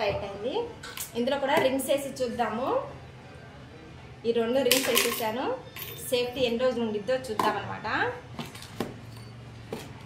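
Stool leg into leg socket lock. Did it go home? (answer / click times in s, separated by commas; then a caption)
no / none. Someone talks while two rings are added to the joint of a stool's pipe leg, which is then turned in its leg socket for a twist-lock. A few sharp metallic hits come near the end, around 8.4, 8.6, 8.8 and 9.7 seconds. Nothing has seated or clicked yet.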